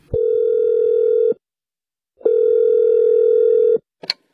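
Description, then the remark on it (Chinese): A telephone line tone sounds alone as someone calls a renovation company: two long, steady, low-pitched buzzing beeps, each just over a second, separated by a short pause, followed by a brief click. “哎，别急别急，我呀给装修公司打一电话问问。”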